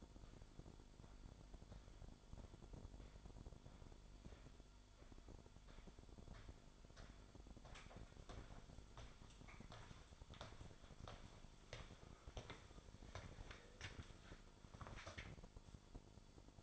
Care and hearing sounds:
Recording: daily activity, microphone in the room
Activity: walk to room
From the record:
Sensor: 5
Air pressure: 1008.3 hPa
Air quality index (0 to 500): 122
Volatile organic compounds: 1 ppm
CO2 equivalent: 937 ppm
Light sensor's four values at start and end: 33/76/30/30 and 31/66/29/30

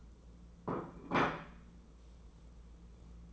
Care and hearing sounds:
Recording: daily activity, microphone in the room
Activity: place plate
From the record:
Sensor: 1

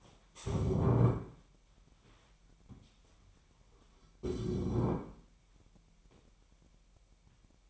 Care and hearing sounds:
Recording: daily activity, microphone in the room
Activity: stand up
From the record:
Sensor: 1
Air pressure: 998.6 hPa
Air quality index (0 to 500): 119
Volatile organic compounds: 3 ppm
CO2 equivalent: 1426 ppm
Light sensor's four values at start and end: 8/19/8/9 and 8/19/8/9

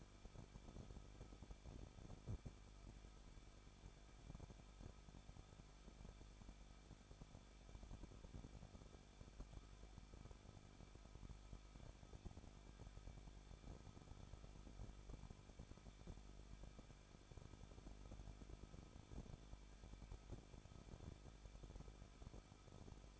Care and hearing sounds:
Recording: daily activity, microphone in the room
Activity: no activity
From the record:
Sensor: 5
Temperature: 20.9 degrees Celsius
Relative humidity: 38.2%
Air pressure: 1006.4 hPa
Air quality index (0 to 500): 187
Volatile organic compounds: 18 ppm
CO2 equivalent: 2625 ppm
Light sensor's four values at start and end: 2/3/1/1 and 2/3/1/1

